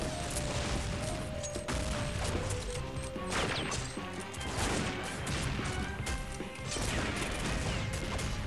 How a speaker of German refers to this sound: Der Mann, um den es sich handelt, schießt zurück. Nun knallt es mehrmals.